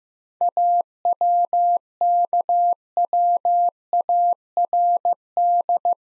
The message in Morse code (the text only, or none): AWKWARD